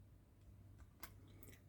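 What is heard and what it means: A screwdriver is turned backwards on a screw set into a plastic model-kit part, the robot shoulder cover and regulator, and the screw thread catches with a click at 1.0 s, with a second fainter tick at 1.4 s. The click means the thread is centred and the screw is seated, ready to be driven in.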